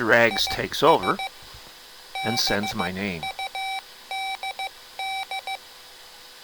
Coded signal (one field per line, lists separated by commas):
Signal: Morse code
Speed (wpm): 15 wpm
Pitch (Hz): 2300 Hz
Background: speech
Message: IS BUDD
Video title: Mr. Rags Macro Keyer - Pt. 3 - Hard Macros & QSO Mode